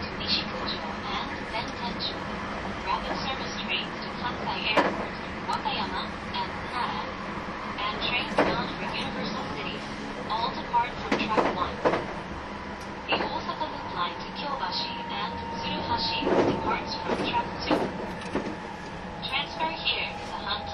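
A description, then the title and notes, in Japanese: A train running, with a steady low rumble and rolling noise throughout. Sharp clacks and metallic knocks from the wheels recur every second or two, and a thin tone holds from about 13 seconds on. Faint speech sits underneath. 225系 700 新快速23号 01/01:野洲～姫路。有料座席＂Aシート＂専用車両として新造された車両が225系-700です。その車両のロングラン運転となる＂新快速23号＂の列車走行音(静止画)です。収録年月:2023,12。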